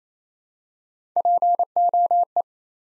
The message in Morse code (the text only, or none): POE